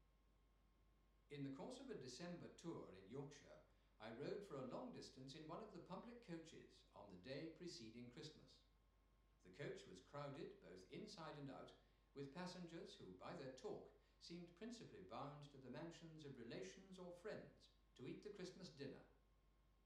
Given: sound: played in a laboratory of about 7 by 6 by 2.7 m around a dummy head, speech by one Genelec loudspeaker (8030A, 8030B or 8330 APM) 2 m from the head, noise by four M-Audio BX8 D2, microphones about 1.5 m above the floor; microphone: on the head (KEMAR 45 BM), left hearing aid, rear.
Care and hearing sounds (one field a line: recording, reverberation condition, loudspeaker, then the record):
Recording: male speech in English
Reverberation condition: medium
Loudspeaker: behind (180 degrees)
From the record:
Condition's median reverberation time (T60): about 510 ms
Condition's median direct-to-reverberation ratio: about -0.5 dB